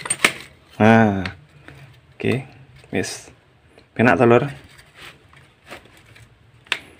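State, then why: Seated. A locking part of a battery headlamp or flashlight with a large battery tube is pushed into its housing while someone talks. Light handling taps are heard early, then one sharp click at 6.7 s as the part locks into place, seated.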